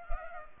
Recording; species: mosquito wingbeat signal from an infrared sensor; Culex pipiens